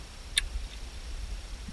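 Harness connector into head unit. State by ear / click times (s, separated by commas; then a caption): seated / 0.4 s. The longest labeled harness plug is pushed into its mating connector on a Lexion 12.3" Android Auto and Apple CarPlay head unit being installed in a 2015 Lexus IS350. A single sharp, bright click is heard at 0.4 s over a quiet low-frequency background, with a faint low thump near the end. The connector is seated with a solid click.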